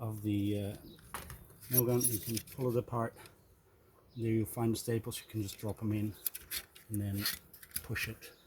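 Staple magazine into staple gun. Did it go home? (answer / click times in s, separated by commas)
no / none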